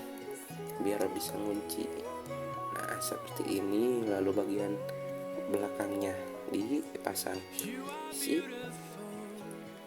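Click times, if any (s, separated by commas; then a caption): none. Someone talks over music while fitting the rear plastic part onto an S.H.Figuarts Shinkocchou Seihou Kamen Rider Ryuki action figure body. One faint hit sounds near 9.5 s, but it is not the expected click. The rear part has not clicked in yet.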